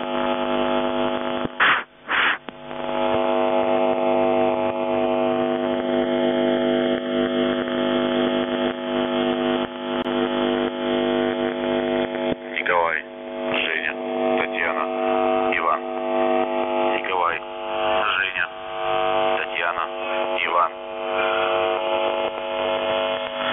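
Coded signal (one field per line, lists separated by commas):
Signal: numbers station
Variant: UVB-76, Russian voice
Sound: continuous low droning buzz with a voice reading a short message midway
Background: radio static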